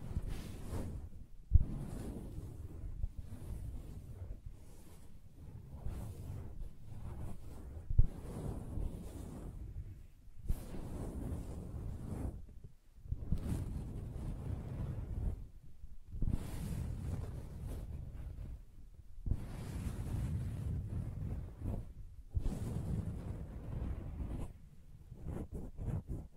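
Soft scratching and rubbing on a fabric surface, a low muffled rustle that comes in long strokes of a second or two separated by brief silences. A few sharper taps stand out, near the start and around eight seconds, and the level stays fairly even throughout.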